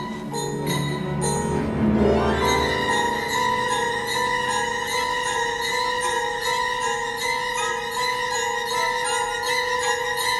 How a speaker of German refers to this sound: Zu seinem großen Erstaunen sah er, wie die Klingel anfing, sich zu bewegen. Erst so wenig, dass sie kaum einen Ton von sich gab, aber bald schellte sie laut. Und mit ihr jede Klingel des Hauses.